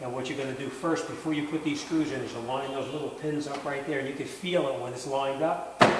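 Someone talks while lining up the plastic tail light housing of a 2008 Honda CR-V on its locating pins against the vehicle body, before the screws go in, with a brief sharp handling sound near the end. Nothing has seated yet; the housing is only being handled and aligned when the clip ends.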